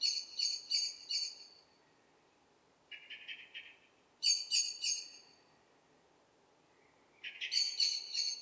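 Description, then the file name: Eurasian blackbird chattering in short bursts of harsh clicking notes, with a lower, softer run of notes between the louder bursts. "Turdus merula"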